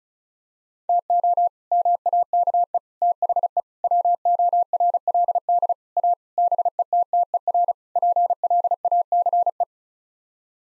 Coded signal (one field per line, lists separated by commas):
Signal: Morse code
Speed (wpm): 36 wpm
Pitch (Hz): 700 Hz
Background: none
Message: TO MAKE THE WORLD A BETTER PLACE